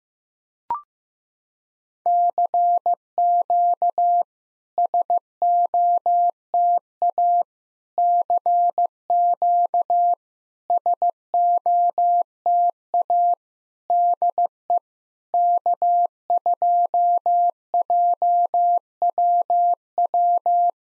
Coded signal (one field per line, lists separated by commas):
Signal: Morse code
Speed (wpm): 15 wpm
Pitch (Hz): 700 Hz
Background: none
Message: CQ SOTA CQ SOTA DE K2JWW